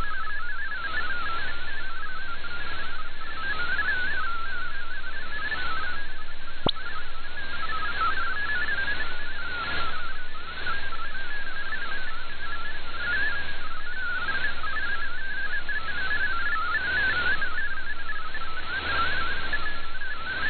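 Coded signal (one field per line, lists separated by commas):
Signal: multi-tone FSK (Olivia or MFSK type)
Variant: MFSK32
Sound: fast warbling single tone hopping between pitches continuously, over shortwave hiss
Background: radio static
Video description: I precociously prepared to switch to MFSK64 manually, even though it was not required, as well as a switch back to MFSK32.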